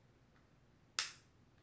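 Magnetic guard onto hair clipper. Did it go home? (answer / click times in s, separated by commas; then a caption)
yes / 1.0 s. A magnetic guard is placed onto a hair clipper and snaps on with a single sharp, bright click at 0.9 s, so the guard is seated securely. The snap rises abruptly out of a quiet background and fades over about a fifth of a second.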